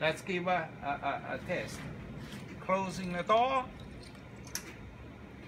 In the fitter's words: right you hear a click the switch is engaged